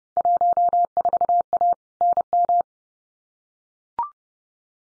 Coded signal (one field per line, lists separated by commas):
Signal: Morse code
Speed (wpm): 30 wpm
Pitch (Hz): 700 Hz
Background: none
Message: 14A NM